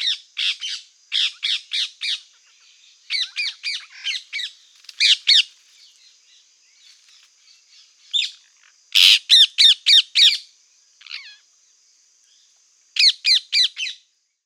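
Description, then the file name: Rose-ringed parakeet calls, shrill grating squawks delivered in quick bursts of several notes, separated by gaps, with a few quieter chatters. "Perruche a collier"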